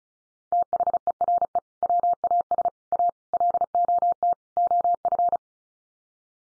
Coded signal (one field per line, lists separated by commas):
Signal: Morse code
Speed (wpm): 34 wpm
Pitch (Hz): 700 Hz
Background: none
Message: THERE WAS A LOT OF